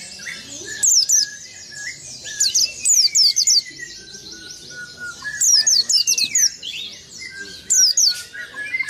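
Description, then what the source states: White-eye song: repeated bursts of fast, very high, thin descending chirps in groups, separated by short pauses, with soft lower whistles in the background. Local name pleci.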